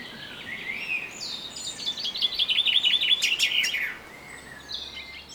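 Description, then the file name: Common chaffinch song: a rattling series of repeated notes lasting about three seconds, ending in a brief flourish, with quiet high calls from other birds around it. "Fringilla coelebs"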